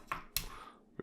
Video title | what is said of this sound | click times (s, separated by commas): Nemesis Reviews Transformers Legacy United Fractured Friendship (Megatron & Orion Pax) | and then rotate the wheels around like that click into place | 0.4 s